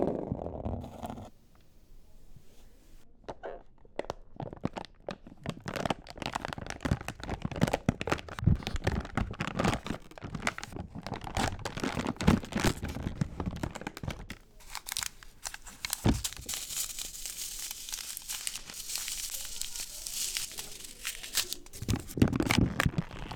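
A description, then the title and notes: A spool is unwrapped with dense crinkling and tearing plastic sounds, sharp crackles throughout, louder and brighter after fifteen seconds. ASMR - Spool Unwrapped.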